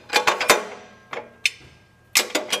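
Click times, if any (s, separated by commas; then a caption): 1.5 s. An operator pulls the spring latch on a steel outrigger of a Genie AWP-20S push-around mast lift, slides the outrigger out and lets the latch pin lock into the outrigger socket on the lift base. Several metallic clacks and rattles are heard, with a sharp click at 1.5 s when the outrigger latch locks into place, seated.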